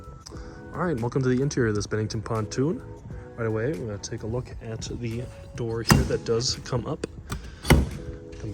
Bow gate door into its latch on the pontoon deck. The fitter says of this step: back down like so locks into place